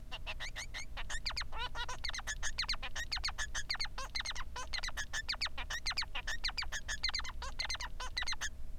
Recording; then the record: song of a male Bengalese finch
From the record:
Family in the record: son of father 3